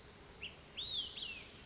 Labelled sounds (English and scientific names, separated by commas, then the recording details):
Olive-sided Flycatcher (Contopus cooperi)
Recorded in Sonoma County, California